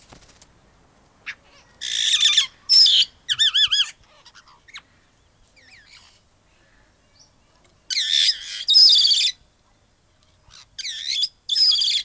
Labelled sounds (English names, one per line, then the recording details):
Black-headed Parrot call
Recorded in captivity
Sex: pair
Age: adult
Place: Tiergarten Wilhelma/Stuttgart, Baden-Württemberg, DE
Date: 2000-09-22 17:56
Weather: bedeckt, 15°C
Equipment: Nagra SN, Kopie Uher 4000 Report Monitor
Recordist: Tembrock, Günter